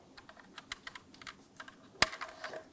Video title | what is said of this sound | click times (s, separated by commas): How to Replace Front Door Handle Latch Cables 2006-2012 Ford Fusion | press it in listen for our click give it a nice tug we'll just continue down the line | 2.0 s